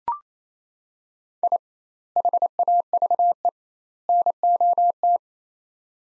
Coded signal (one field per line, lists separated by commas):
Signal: Morse code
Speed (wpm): 28 wpm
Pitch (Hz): 700 Hz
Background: none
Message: I HAVE NOT